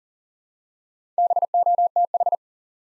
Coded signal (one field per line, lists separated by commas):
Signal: Morse code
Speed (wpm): 38 wpm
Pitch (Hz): 700 Hz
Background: none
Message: BOTH